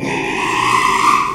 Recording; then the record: squeal of a Yucatan mini pig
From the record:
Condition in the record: after surgery on the right vocal fold (resection and tissue-engineered implant); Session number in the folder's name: 1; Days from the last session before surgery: 6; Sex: male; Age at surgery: 12 weeks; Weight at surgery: 13 kg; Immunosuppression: cyclosporine, prednisolone